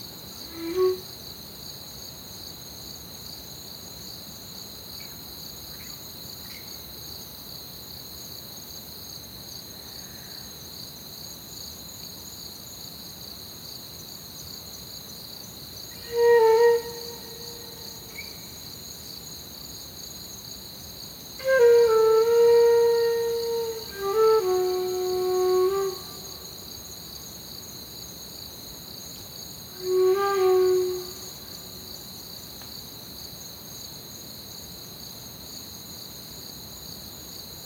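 Crickets chirr in a steady, unbroken high-pitched drone from start to finish. A few mid-pitched, tonal calls rise above them, one brief note near the start, then short calls around 16 seconds, a longer wavering run from 21 to 26 seconds, and one near 30.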